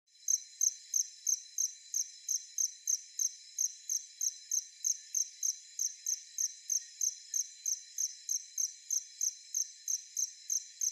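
Cricket song of short, shrill chirps, evenly paced at roughly three per second, continuing unbroken over quiet background.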